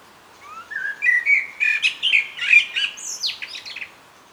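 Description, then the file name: Common blackbird singing a mellow phrase that rises from soft whistles into rich fluty notes, then breaks into a rapid, high, scratchy twitter at the end. "Turdus merula"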